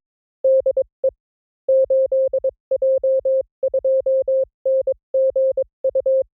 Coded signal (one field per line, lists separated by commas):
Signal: Morse code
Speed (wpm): 22 wpm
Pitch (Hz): 530 Hz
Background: none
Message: DE 8J2NGU